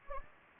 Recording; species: mosquito wingbeat signal from an infrared sensor; Anopheles gambiae